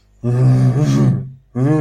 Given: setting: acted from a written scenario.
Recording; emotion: vocal sound without words; anger